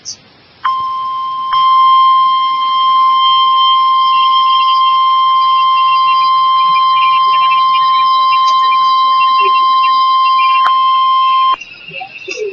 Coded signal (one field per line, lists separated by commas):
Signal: Emergency Alert System (SAME) tones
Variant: 1050 Hz attention tone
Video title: Tornado Warning (EAS #685)